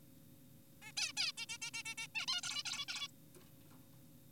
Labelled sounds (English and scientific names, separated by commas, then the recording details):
Zebra Finch (Taeniopygia guttata)
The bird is an adult
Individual g4p5U